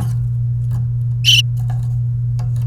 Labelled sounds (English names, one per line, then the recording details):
Domestic Canary song
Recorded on 29 April 2018 at 13:42
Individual llb3